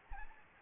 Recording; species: mosquito wingbeat signal from an infrared sensor; Anopheles arabiensis